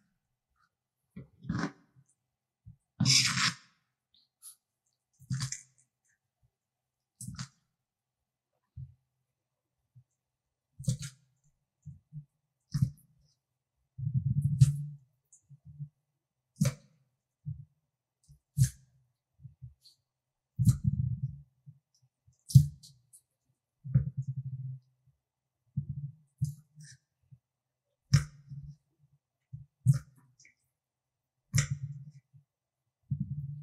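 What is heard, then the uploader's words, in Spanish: Water gel beads are crushed with a fork: short squelchy presses land every second or two, each a soft low thud, some with a sharp metallic click. A few louder, wetter squashes come around the middle and later, with silence between. Destruyendo Bolas De Hidrogel (Orbeez). Destruir bolas de gel, hidrogel u orbeez con el tenedor. Siente la textura suave y pegajosa de estas esferas mientras las aplasto y las rompo.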